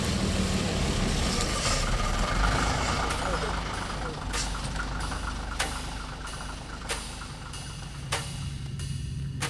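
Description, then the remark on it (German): A bus idles at a stop, its engine giving a steady, heavy low rumble, punctuated by several sharp clicks and a brief hiss, while faint voices murmur underneath. “Der Bus. Wir steigen hinten ein, damit ich sie dann besser im Blick habe.”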